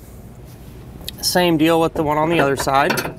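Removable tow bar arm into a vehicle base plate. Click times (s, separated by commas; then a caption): 1.1 s. A removable tow bar arm is slid into the steel receiver of a Roadmaster Direct-Connect base plate on a 2022 Chevrolet Colorado and rotated about a quarter turn. A short, sharp click at 1.1 s marks the arm locking into place. Someone then talks.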